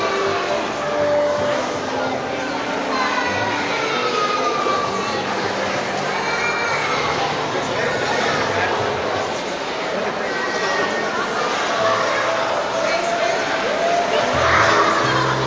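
Dense, steady chatter of many voices fills a shopping centre during a soap-bubble workshop, with occasional brighter shouts and a rise near the end.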